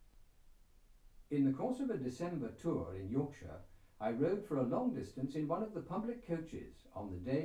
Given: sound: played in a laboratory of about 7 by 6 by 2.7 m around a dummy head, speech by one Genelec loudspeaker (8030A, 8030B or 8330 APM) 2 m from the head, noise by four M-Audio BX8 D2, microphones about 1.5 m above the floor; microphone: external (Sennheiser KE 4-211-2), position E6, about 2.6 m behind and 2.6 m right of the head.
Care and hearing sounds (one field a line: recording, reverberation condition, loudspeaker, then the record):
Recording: male speech in English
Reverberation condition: low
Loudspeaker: 90 degrees to the right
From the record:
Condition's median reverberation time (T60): about 310 ms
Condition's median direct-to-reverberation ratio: about 3.5 dB